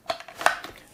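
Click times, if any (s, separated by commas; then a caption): 0.5 s. A plastic vacuum wand/attachment section of a Dyson V7 Motorhead cordless vacuum is pushed into the vacuum body. A few small plastic taps and rattles lead up to one sharp, bright click at 0.5 seconds. The section locks firmly into place with a tactile click.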